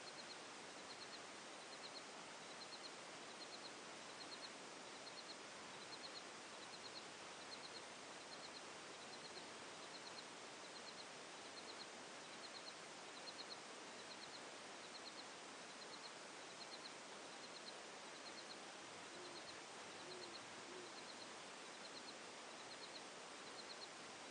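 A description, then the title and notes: Crickets chirp in a steady, regular pulse high above a constant, even hiss of outdoor noise, unchanging for the whole stretch. Summer night sounds for sleeping 1 hour with crickets. The gentle chirping of crickets creates a tranquil ambiance, reminiscent of warm summer evenings.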